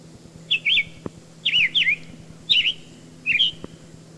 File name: Summer Tanager